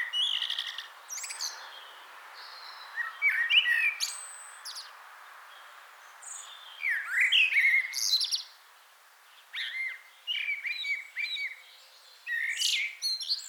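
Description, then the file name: Common blackbird song with varied fluted warbles and high scratchy twitters. "Turdus merula"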